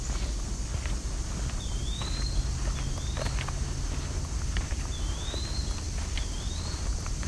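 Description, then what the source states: Eastern wood-pewee song: four clear slurred whistles, each dipping then sweeping upward, given in two pairs, with footsteps and a constant low rumble. Heard again on a nature walk.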